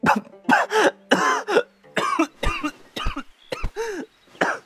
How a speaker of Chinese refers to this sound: 一口气卡在胸口，良久方才喘上来，喘得太急，呛出了他一阵撕心裂肺的咳嗽。